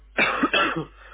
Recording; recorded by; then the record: voluntary cough; telephone call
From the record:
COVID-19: positive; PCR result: self-reported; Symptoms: yes